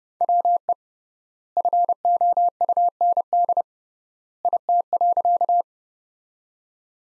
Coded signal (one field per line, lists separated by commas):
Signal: Morse code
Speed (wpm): 30 wpm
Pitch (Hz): 700 Hz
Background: none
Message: WE FOUND IT.